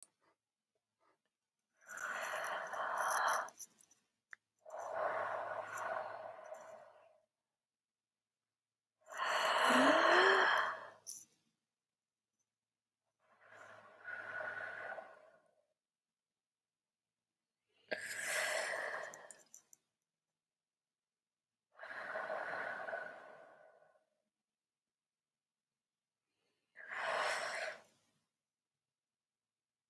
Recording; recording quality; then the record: deep breathing; excellent, no background noise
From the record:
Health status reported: healthy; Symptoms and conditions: none ticked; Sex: female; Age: 36 years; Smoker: not ticked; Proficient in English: yes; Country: United States